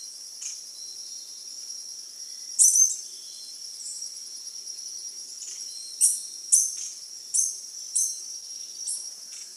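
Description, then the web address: Slaty-capped flycatcher giving about six short, sharp high calls at irregular intervals over a steady, shrill insect drone. Ecuador. "Birds of Ecuador Slaty-capped Flycatcher"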